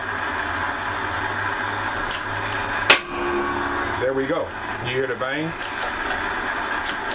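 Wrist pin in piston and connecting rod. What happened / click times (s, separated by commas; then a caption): The pressed steel pin broke loose / 2.9 s. A heated steel wrist pin is pressed out of a piston and connecting rod with a 12-ton hydraulic press, over a steady low engine-like drone. At 2.9 s the pin pops loose with a single sharp, loud crack, releasing from the piston and rod. Someone talks before and after the pop.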